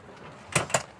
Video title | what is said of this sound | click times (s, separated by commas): You Don’t Need a $30,000 Camper When This Does More! | locks in place. | 0.6 s, 0.7 s